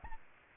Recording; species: mosquito wingbeat signal from an infrared sensor; Aedes albopictus